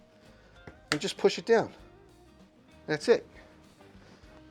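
A lamp socket is handled as it is pushed down toward its base clip on a wooden lamp, while someone talks over faint background music. A soft tick is heard at 0.7 s, but nothing has seated or clicked yet.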